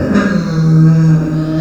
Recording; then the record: squeal of a Yucatan mini pig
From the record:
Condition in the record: after surgery on the right vocal fold (resection and tissue-engineered implant); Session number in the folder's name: 9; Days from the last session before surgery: 65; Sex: female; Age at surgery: 19 weeks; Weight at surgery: 25 kg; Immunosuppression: prednisolone